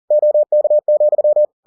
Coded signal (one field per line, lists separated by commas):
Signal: Morse code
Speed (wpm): 40 wpm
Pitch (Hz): 600 Hz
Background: none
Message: OK,